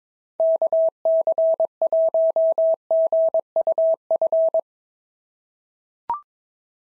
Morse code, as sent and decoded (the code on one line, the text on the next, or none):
-.- -.-. .---- --. ..- ..-.
KC1GUF